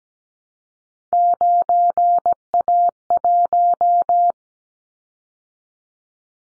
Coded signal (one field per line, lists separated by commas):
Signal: Morse code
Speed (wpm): 17 wpm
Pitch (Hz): 700 Hz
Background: none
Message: 9A1